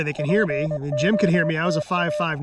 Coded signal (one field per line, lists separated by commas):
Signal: Morse code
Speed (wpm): 23 wpm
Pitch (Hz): 600 Hz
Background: speech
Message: POTA